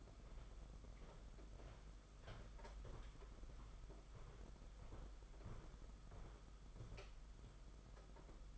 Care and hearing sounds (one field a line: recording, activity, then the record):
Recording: daily activity, microphone in the room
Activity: walk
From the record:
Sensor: 5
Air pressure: 991.8 hPa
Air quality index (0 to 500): 155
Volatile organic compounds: 238 ppm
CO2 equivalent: 4328 ppm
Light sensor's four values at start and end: 32/108/40/43 and 32/107/40/42